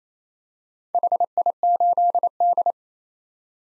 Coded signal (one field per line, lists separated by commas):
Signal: Morse code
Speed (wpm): 28 wpm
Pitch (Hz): 700 Hz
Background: none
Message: HI8D